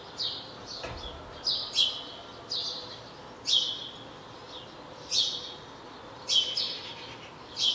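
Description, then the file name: House sparrow chirping, clipped buzzy notes repeated every second or so, with one brief knock early on and soft hiss underneath. "Passer domesticus"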